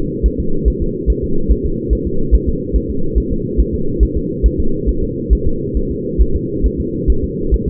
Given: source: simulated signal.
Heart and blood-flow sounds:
fetal heart sounds
0.26 s: S1
0.40 s: S2
0.68 s: S1
0.82 s: S2
1.10 s: S1
1.24 s: S2
1.52 s: S1
1.66 s: S2
1.93 s: S1
2.07 s: S2
2.35 s: S1
2.49 s: S2
2.76 s: S1
2.90 s: S2
3.18 s: S1
3.32 s: S2
3.60 s: S1
3.74 s: S2
4.03 s: S1
4.17 s: S2
4.46 s: S1
4.60 s: S2
4.89 s: S1
5.03 s: S2
5.33 s: S1
5.47 s: S2
5.77 s: S1
5.91 s: S2
6.22 s: S1
6.36 s: S2
6.66 s: S1
6.80 s: S2
7.10 s: S1
7.24 s: S2
7.54 s: S1
7.68 s: S2
From the record:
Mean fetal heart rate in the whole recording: 140 bpm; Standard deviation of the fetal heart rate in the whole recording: 2 bpm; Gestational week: 34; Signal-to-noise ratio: -8.1 dB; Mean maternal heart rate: 72 bpm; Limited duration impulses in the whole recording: absent

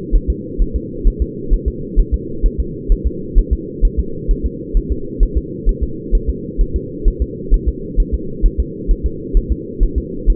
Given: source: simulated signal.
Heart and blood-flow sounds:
fetal heart sounds
0.16 s: S1
0.30 s: S2
0.62 s: S1
0.76 s: S2
1.08 s: S1
1.22 s: S2
1.53 s: S1
1.68 s: S2
1.99 s: S1
2.14 s: S2
2.46 s: S1
2.60 s: S2
2.92 s: S1
3.07 s: S2
3.39 s: S1
3.53 s: S2
3.85 s: S1
3.99 s: S2
4.31 s: S1
4.46 s: S2
4.77 s: S1
4.92 s: S2
5.23 s: S1
5.38 s: S2
5.69 s: S1
5.83 s: S2
6.15 s: S1
6.30 s: S2
6.61 s: S1
6.76 s: S2
7.08 s: S1
7.22 s: S2
7.54 s: S1
7.68 s: S2
8.00 s: S1
8.14 s: S2
8.46 s: S1
8.60 s: S2
8.91 s: S1
9.06 s: S2
9.37 s: S1
9.52 s: S2
9.83 s: S1
9.98 s: S2
10.30 s: S1
From the record:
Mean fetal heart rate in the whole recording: 130 bpm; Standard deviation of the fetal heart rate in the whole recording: 2 bpm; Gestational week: 38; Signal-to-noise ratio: -4.3 dB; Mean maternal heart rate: 72 bpm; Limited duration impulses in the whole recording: absent

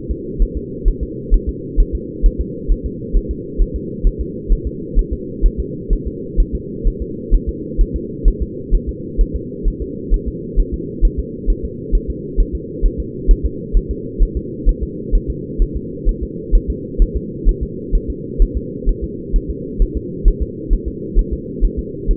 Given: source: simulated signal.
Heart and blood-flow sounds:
fetal heart sounds
0.11 s: S2
0.42 s: S1
0.57 s: S2
0.88 s: S1
1.03 s: S2
1.34 s: S1
1.49 s: S2
1.80 s: S1
1.95 s: S2
2.26 s: S1
2.41 s: S2
2.72 s: S1
2.86 s: S2
3.17 s: S1
3.31 s: S2
3.61 s: S1
3.76 s: S2
4.07 s: S1
4.21 s: S2
4.52 s: S1
4.67 s: S2
4.99 s: S1
5.13 s: S2
5.46 s: S1
5.60 s: S2
5.93 s: S1
6.07 s: S2
6.40 s: S1
6.55 s: S2
6.88 s: S1
7.02 s: S2
7.34 s: S1
7.49 s: S2
7.81 s: S1
7.96 s: S2
8.28 s: S1
8.42 s: S2
8.75 s: S1
8.89 s: S2
9.21 s: S1
9.36 s: S2
9.68 s: S1
9.82 s: S2
10.14 s: S1
10.28 s: S2
10.60 s: S1
10.74 s: S2
11.05 s: S1
11.19 s: S2
11.50 s: S1
11.65 s: S2
11.95 s: S1
12.10 s: S2
12.40 s: S1
12.55 s: S2
12.86 s: S1
13.00 s: S2
13.31 s: S1
13.45 s: S2
13.77 s: S1
13.91 s: S2
14.23 s: S1
14.37 s: S2
14.69 s: S1
14.83 s: S2
15.15 s: S1
15.30 s: S2
15.62 s: S1
15.76 s: S2
16.09 s: S1
16.23 s: S2
16.55 s: S1
16.70 s: S2
17.02 s: S1
17.16 s: S2
17.49 s: S1
17.63 s: S2
17.95 s: S1
18.10 s: S2
18.42 s: S1
18.57 s: S2
18.89 s: S1
19.04 s: S2
19.36 s: S1
19.50 s: S2
19.82 s: S1
19.97 s: S2
20.28 s: S1
20.42 s: S2
20.73 s: S1
20.88 s: S2
21.19 s: S1
21.33 s: S2
21.64 s: S1
21.79 s: S2
22.11 s: S1
From the record:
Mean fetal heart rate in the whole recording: 130 bpm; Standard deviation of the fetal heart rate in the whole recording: 2 bpm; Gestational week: 38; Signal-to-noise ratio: -4.1 dB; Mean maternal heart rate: no maternal heart sound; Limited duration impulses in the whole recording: absent

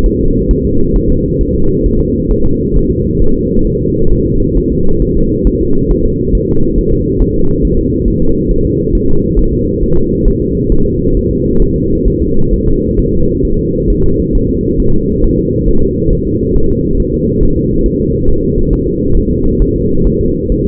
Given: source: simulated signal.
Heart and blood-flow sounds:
fetal heart sounds
0.06 s: S1
0.20 s: S2
0.51 s: S1
0.65 s: S2
0.96 s: S1
1.10 s: S2
1.41 s: S1
1.55 s: S2
1.86 s: S1
2.00 s: S2
2.31 s: S1
2.45 s: S2
2.77 s: S1
2.91 s: S2
3.22 s: S1
3.36 s: S2
3.67 s: S1
3.81 s: S2
4.12 s: S1
4.27 s: S2
4.58 s: S1
4.72 s: S2
5.02 s: S1
5.17 s: S2
5.47 s: S1
5.61 s: S2
5.91 s: S1
6.05 s: S2
6.35 s: S1
6.49 s: S2
6.79 s: S1
6.93 s: S2
7.22 s: S1
7.36 s: S2
7.65 s: S1
7.79 s: S2
8.08 s: S1
8.22 s: S2
8.51 s: S1
8.65 s: S2
8.95 s: S1
9.09 s: S2
9.39 s: S1
9.53 s: S2
9.84 s: S1
9.98 s: S2
10.28 s: S1
10.42 s: S2
10.72 s: S1
10.86 s: S2
11.17 s: S1
11.31 s: S2
11.62 s: S1
11.76 s: S2
12.08 s: S1
12.22 s: S2
12.54 s: S1
12.68 s: S2
12.99 s: S1
13.13 s: S2
13.45 s: S1
13.59 s: S2
13.90 s: S1
14.04 s: S2
14.35 s: S1
14.49 s: S2
14.80 s: S1
14.94 s: S2
15.24 s: S1
15.38 s: S2
15.69 s: S1
15.83 s: S2
16.13 s: S1
16.27 s: S2
16.56 s: S1
16.71 s: S2
17.00 s: S1
17.14 s: S2
17.43 s: S1
17.57 s: S2
17.86 s: S1
18.00 s: S2
18.29 s: S1
18.44 s: S2
18.73 s: S1
18.87 s: S2
19.17 s: S1
19.31 s: S2
19.62 s: S1
19.76 s: S2
20.07 s: S1
20.21 s: S2
20.52 s: S1
20.66 s: S2
From the record:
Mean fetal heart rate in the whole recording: 135 bpm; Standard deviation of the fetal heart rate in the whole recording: 3 bpm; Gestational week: 36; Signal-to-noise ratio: -17.7 dB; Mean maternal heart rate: 72 bpm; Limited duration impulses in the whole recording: present

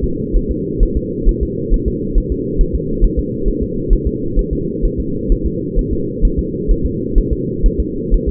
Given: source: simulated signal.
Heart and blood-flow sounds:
fetal heart sounds
0.04 s: S2
0.36 s: S1
0.51 s: S2
0.83 s: S1
0.97 s: S2
1.29 s: S1
1.43 s: S2
1.74 s: S1
1.88 s: S2
2.18 s: S1
2.32 s: S2
2.61 s: S1
2.75 s: S2
3.04 s: S1
3.19 s: S2
3.48 s: S1
3.62 s: S2
3.93 s: S1
4.07 s: S2
4.39 s: S1
4.53 s: S2
4.85 s: S1
5.00 s: S2
5.32 s: S1
5.46 s: S2
5.79 s: S1
5.93 s: S2
6.25 s: S1
6.39 s: S2
6.71 s: S1
6.86 s: S2
7.18 s: S1
7.32 s: S2
7.66 s: S1
7.80 s: S2
8.14 s: S1
8.29 s: S2
From the record:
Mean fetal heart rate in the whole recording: 130 bpm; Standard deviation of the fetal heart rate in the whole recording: 4 bpm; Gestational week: 38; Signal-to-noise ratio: -6.6 dB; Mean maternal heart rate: 72 bpm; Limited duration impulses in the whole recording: present

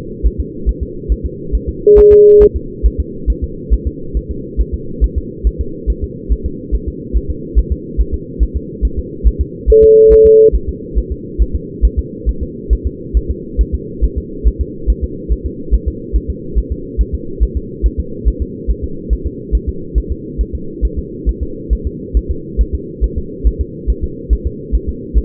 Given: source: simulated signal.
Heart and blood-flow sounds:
fetal heart sounds
0.26 s: S1
0.40 s: S2
0.69 s: S1
0.83 s: S2
1.12 s: S1
1.26 s: S2
1.55 s: S1
1.69 s: S2
1.99 s: S1
2.13 s: S2
2.42 s: S1
2.56 s: S2
2.86 s: S1
3.00 s: S2
3.30 s: S1
3.44 s: S2
3.73 s: S1
3.87 s: S2
4.17 s: S1
4.31 s: S2
4.60 s: S1
4.74 s: S2
5.04 s: S1
5.18 s: S2
5.47 s: S1
5.61 s: S2
5.90 s: S1
6.04 s: S2
6.32 s: S1
6.46 s: S2
6.75 s: S1
6.88 s: S2
7.17 s: S1
7.30 s: S2
7.58 s: S1
7.72 s: S2
8.00 s: S1
8.14 s: S2
8.43 s: S1
8.56 s: S2
8.85 s: S1
8.99 s: S2
9.27 s: S1
9.41 s: S2
9.70 s: S1
9.84 s: S2
10.13 s: S1
10.26 s: S2
10.55 s: S1
10.69 s: S2
10.98 s: S1
11.12 s: S2
11.42 s: S1
11.55 s: S2
11.85 s: S1
11.99 s: S2
12.29 s: S1
12.43 s: S2
12.73 s: S1
12.87 s: S2
13.17 s: S1
13.31 s: S2
13.61 s: S1
13.75 s: S2
14.04 s: S1
14.18 s: S2
14.47 s: S1
14.61 s: S2
14.90 s: S1
15.04 s: S2
15.32 s: S1
15.46 s: S2
15.74 s: S1
15.88 s: S2
16.16 s: S1
16.30 s: S2
16.58 s: S1
16.72 s: S2
17.01 s: S1
17.15 s: S2
17.43 s: S1
17.57 s: S2
17.86 s: S1
18.00 s: S2
18.28 s: S1
18.42 s: S2
18.70 s: S1
18.84 s: S2
19.13 s: S1
19.27 s: S2
19.55 s: S1
19.69 s: S2
19.98 s: S1
20.12 s: S2
20.41 s: S1
20.55 s: S2
20.85 s: S1
20.99 s: S2
21.29 s: S1
21.43 s: S2
21.73 s: S1
21.87 s: S2
22.17 s: S1
22.31 s: S2
22.61 s: S1
22.75 s: S2
23.04 s: S1
23.18 s: S2
23.47 s: S1
23.61 s: S2
23.90 s: S1
24.04 s: S2
24.33 s: S1
24.47 s: S2
24.75 s: S1
24.89 s: S2
25.17 s: S1
From the record:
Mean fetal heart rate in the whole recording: 140 bpm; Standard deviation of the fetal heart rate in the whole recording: 2 bpm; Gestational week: 34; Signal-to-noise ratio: -4.3 dB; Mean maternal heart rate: 72 bpm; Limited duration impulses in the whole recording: present

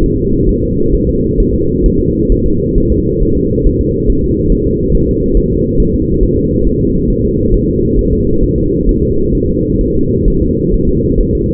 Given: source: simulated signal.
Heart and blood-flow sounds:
fetal heart sounds
0.04 s: S1
0.18 s: S2
0.49 s: S1
0.63 s: S2
0.94 s: S1
1.09 s: S2
1.40 s: S1
1.54 s: S2
1.86 s: S1
2.00 s: S2
2.32 s: S1
2.46 s: S2
2.78 s: S1
2.92 s: S2
3.23 s: S1
3.37 s: S2
3.66 s: S1
3.81 s: S2
4.10 s: S1
4.24 s: S2
4.52 s: S1
4.67 s: S2
4.95 s: S1
5.09 s: S2
5.37 s: S1
5.52 s: S2
5.80 s: S1
5.95 s: S2
6.23 s: S1
6.38 s: S2
6.67 s: S1
6.81 s: S2
7.10 s: S1
7.25 s: S2
7.54 s: S1
7.69 s: S2
7.99 s: S1
8.13 s: S2
8.44 s: S1
8.58 s: S2
8.89 s: S1
9.03 s: S2
9.35 s: S1
9.49 s: S2
9.81 s: S1
9.95 s: S2
10.28 s: S1
10.42 s: S2
10.74 s: S1
10.89 s: S2
11.21 s: S1
11.35 s: S2
From the record:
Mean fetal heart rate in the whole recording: 135 bpm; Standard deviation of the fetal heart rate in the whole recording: 3 bpm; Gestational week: 36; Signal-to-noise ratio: -15.3 dB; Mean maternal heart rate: 72 bpm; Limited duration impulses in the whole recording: present

